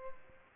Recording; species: mosquito wingbeat signal from an infrared sensor; Aedes albopictus